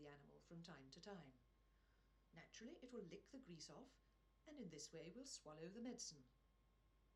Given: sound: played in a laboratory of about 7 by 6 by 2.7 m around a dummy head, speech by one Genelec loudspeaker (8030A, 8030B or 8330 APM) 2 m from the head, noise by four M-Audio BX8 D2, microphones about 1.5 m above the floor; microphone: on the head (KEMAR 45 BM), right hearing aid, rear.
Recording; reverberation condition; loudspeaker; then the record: female speech in English; low; 150 degrees to the right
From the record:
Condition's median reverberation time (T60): about 310 ms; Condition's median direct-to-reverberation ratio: about 3.5 dB